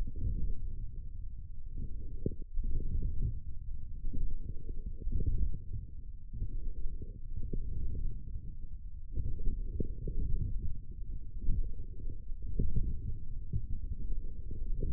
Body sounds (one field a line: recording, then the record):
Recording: forearm muscle sounds (acoustic myography)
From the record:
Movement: forearm pronation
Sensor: system 1, eight BSWA MPA416 microphones around the upper forearm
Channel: 3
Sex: male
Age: 28 years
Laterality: right